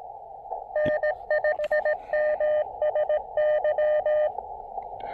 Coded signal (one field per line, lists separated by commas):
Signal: Morse code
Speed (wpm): 18 wpm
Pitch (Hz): 590 Hz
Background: radio noise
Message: N5MSY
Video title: From the Activation Archives: May 21, 2022 POTA at Little Beaver State Park in West Virginia!